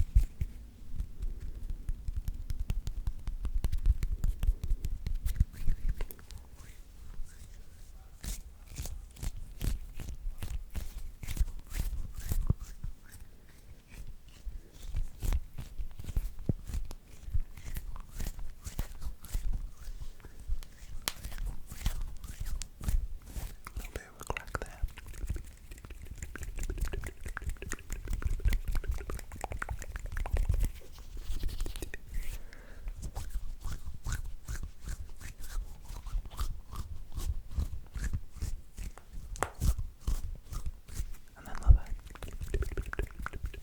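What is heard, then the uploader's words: Hands make irregular tapping, rubbing and clicking sounds, with sharp bursts clustered unevenly across the clip, busiest from about 7 to 12 seconds and after 25 seconds. A low rumble underlies it, with a single louder snap near 42 seconds. Hand Sounds That Are Unpredictable At 100% Sensitivity.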